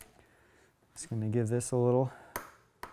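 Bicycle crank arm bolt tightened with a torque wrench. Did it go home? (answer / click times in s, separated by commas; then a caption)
yes / 2.4 s, 2.8 s. A torque wrench tightens a bicycle crank arm bolt until it clicks, confirming the crank arms are installed and torqued. Someone talks from about 1.0 to 2.1 s, then sharp clicks sound at 2.4 s and 2.8 s.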